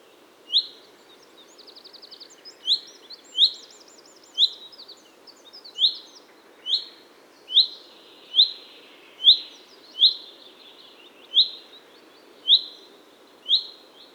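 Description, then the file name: Common chaffinch giving sharp, short call notes, repeated roughly every second, with a brief rapid trill of higher notes early on and steady background noise. "Fringilla coelebs"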